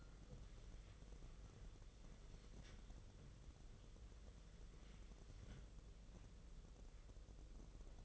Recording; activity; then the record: daily activity, microphone in the room; wipe stove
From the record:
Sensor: 4